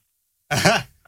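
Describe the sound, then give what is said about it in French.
On Fun Radio, after a moment of silence, a man imitates a sheep with a single short, raspy bleat, a rough throaty burst with a slight waver that cuts off quickly. “alors en fait je sais super bien imiter le mouton”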